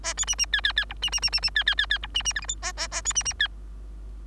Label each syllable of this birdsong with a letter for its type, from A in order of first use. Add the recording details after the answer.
A B C C D D D E C C C C C D D D D E C C F G H A A A B C C D. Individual Bird3